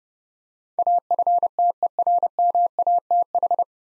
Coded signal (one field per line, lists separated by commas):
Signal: Morse code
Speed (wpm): 28 wpm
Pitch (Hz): 700 Hz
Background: none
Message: AFTERMATH